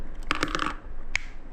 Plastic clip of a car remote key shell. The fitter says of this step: อืมเอะมันดังแก๊กหลุดแล้วนะแต่ว่ามันก็ยังกลับเข้ามาใหม่